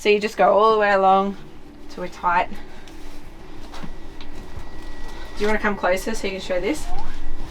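An adjustable clothesline end is handled near its anchor clip while someone talks, with a couple of faint, brief knocks at about 2.9 s and 4.2 s. Nothing has seated or clicked into the clip yet.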